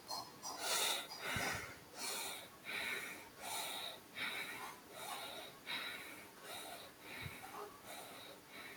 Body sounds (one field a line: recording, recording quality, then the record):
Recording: shallow breathing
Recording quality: excellent, no background noise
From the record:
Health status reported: healthy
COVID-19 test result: not tested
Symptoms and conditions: none ticked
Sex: male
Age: 22 years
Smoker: not ticked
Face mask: not worn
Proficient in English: yes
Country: India